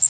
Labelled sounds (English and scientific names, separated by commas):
Blackpoll Warbler (Setophaga striata) flight call